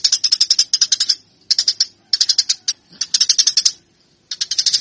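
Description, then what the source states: Eurasian tree sparrow in short bursts of rapid, sharp chirps, most lasting under a second, separated by brief quiet gaps. Master song for training fighting-style (tarung) song.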